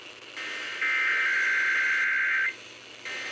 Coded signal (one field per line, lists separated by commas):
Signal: Emergency Alert System (SAME) tones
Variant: header bursts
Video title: EAS 5998-6054 Loads of Tests